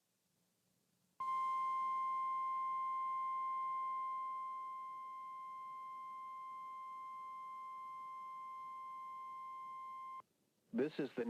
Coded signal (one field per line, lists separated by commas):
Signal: Emergency Alert System (SAME) tones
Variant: 1050 Hz attention tone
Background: speech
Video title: Required Weekly Test (EAS #60)